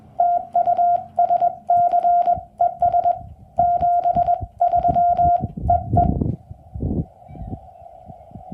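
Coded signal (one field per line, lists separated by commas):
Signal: Morse code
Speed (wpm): 21 wpm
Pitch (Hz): 690 Hz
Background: radio noise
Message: TU SC ES 73 EE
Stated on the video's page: QRP CW Parks on the Air activation in Utah.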